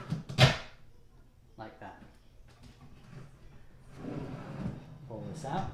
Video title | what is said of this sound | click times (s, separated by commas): Forevermark cabinet drawer assembly - Step by step instructions | you should hear a slight click like that | 0.3 s